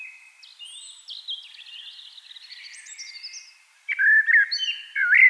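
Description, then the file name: Eurasian blackbird song: soft, thin twittering for several seconds, then loud low fluted warbles with a high squeaky flourish near the end. "Turdus merula"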